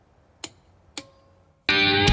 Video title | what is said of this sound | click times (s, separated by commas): CLÉ DYNAMOMÉTRIQUE (EN FRANCAIS) | Après avoir bien ajusté le tout, on serre comme avec une clé normale jusqu'à ce que l'on entend un clic comme ceci | 0.4 s